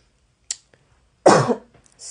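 A single harsh cough after a faint throat click.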